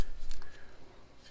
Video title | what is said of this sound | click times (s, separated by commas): RIA BBR 3.10 10RD Magazine Finger Extension | it locks in like that | 0.3 s, 0.4 s